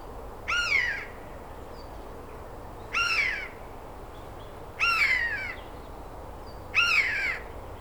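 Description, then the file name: Eurasian jay repeating a hoarse, downward-curving mewing call four times, roughly every two seconds, against faint background hiss. "Garrulus glandarius"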